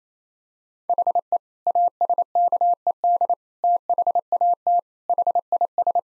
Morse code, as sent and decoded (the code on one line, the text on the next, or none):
.... . / .- ... -.- . -.. / - .... .- - / .... .. ...
HE ASKED THAT HIS